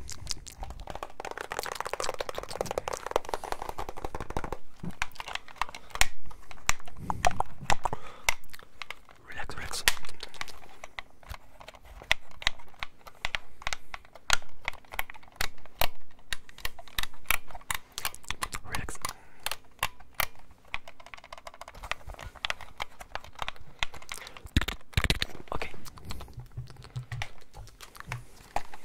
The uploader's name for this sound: ASMR Controller Sounds